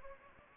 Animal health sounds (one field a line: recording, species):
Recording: mosquito wingbeat signal from an infrared sensor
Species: Anopheles gambiae